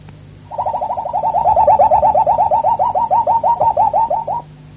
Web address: canarios cantoharz